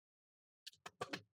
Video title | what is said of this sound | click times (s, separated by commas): How to Replace the Battery on HP 240 G9 Laptop (Intel Core i3) | We're going to twist it backward, and you're going to hear this click sound. Those clicks are what you want to hear. | 0.7 s, 0.9 s, 1.0 s, 1.1 s